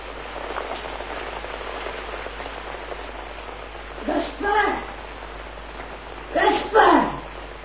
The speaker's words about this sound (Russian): Да закрой дверь, Кадрус. Дождь хлещет в комнату.